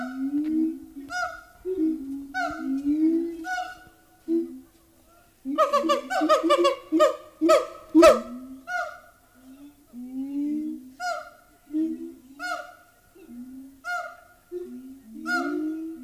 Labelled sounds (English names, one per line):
Siamang